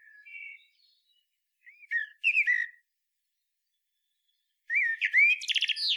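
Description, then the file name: Common blackbird delivering quieter fluted whistles, then a short warbled phrase, and finally a louder rich phrase ending in a rapid, squeaky twittering flourish. "Turdus merula"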